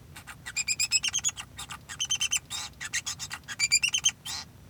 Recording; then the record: song of a male Bengalese finch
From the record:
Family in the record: son of father 2